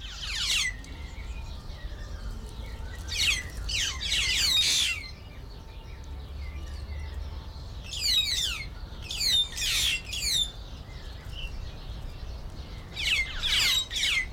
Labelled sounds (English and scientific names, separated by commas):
White-headed Buffalo-Weaver (Dinemellia dinemelli)